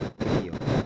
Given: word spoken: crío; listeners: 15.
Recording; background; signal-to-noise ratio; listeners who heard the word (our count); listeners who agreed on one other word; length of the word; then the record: one Spanish word in noise, from a listening test; noise modulated by one talker; -7.7 dB; 0 of 15; 8 of 15; 0.46 s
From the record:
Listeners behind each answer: 8, 2, 1, 1, 1, 1, 1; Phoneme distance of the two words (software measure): 10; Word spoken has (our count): 2 syllables, 4 phonemes, stress on syllable 1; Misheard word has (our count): 2 syllables, 4 phonemes, stress on syllable 1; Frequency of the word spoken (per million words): 2.32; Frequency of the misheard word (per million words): 71.99